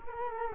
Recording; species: mosquito wingbeat signal from an infrared sensor; Culex quinquefasciatus